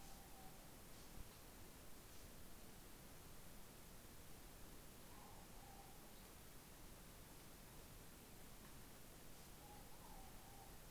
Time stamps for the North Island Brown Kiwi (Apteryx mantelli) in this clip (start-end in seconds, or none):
none